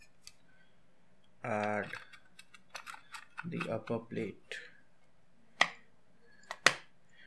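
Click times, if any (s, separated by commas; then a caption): 5.6 s, 6.7 s. Someone talks, then the plastic upper plate of a small DIY power-supply enclosure is pressed onto its base, making two sharp snaps at 5.6 s and 6.7 s. The plate is only stuck on rather than truly locked in place, so it could open on its own, and tape is added to hold it.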